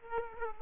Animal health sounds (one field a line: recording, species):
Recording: mosquito wingbeat signal from an infrared sensor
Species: Aedes aegypti